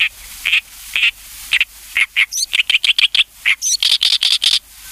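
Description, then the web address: Oriental reed warbler singing harsh, croaking syllables that speed up into a fast chattering run of scratchy repeated notes near the end. "sikioto. ooyoshikiri"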